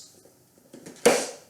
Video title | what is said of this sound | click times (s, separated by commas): Ninja Professional Blender 1000 - Product Review | you hear that click it is now locked in solid and | 1.1 s